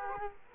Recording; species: mosquito wingbeat signal from an infrared sensor; Culex quinquefasciatus